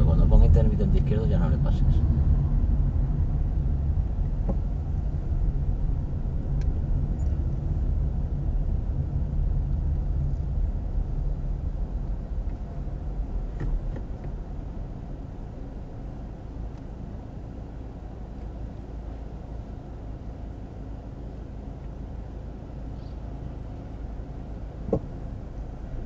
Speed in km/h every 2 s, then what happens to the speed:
17, 13, 11, 12, 10, 8, 3, 1, 0, 0, 0, 0, 0.
0-3 slows to 11. 3-9 steady at about 11. 9-13 slows to 1. 13-26 standing.